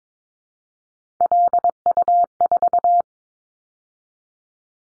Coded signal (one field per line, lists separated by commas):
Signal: Morse code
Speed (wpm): 22 wpm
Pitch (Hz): 700 Hz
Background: none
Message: LU4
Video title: Callsign Prefixes in Top 50 DXCC 22wpm